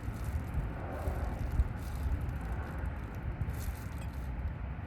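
A new oil filter element for a 2021 Jeep Grand Cherokee is picked up and lined up with the filter housing cap before being pushed in. Only a steady low rumble and faint handling rustles are heard. Nothing has seated or clicked yet.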